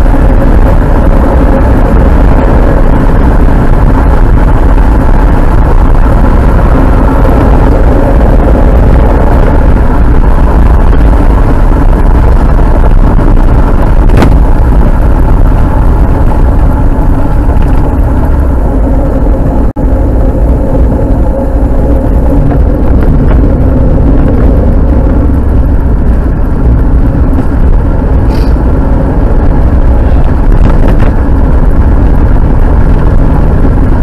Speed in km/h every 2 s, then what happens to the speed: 61, 68, 70, 70, 68, 67, 58, 53, 45, 39, 23, 23, 21, 36, 40, 46, 49.
0-4 speeds up to 70. 4-10 steady at about 68. 10-20 brakes to 23. 20-25 steady at about 23. 25-34 speeds up to 49.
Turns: 17-25.